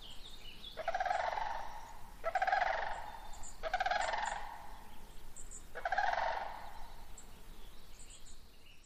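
Sandhill crane calls: four rolling, rattled trumpeting bursts.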